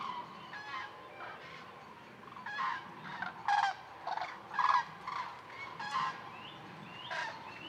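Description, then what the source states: Common cranes calling, separate loud trumpeted notes coming roughly once a second above a softer, continuous chorus of the flock. Flock of common cranes (Grus grus) at a migration stopover, Lac du Der reservoir, eastern France, November; over 200,000 counted; Nagra Seven, MKH8020 stereo.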